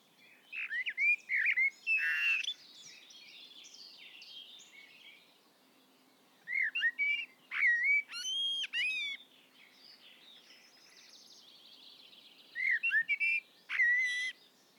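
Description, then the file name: Common blackbird song: three separate bursts of mellow whistled, warbling phrases mixed with sharp high squeaks, separated by several seconds of quieter background. "Turdus merula"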